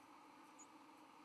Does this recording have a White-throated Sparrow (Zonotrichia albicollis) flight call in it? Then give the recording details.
no. Another species' flight call is heard. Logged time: 06:44 on 31 October 2014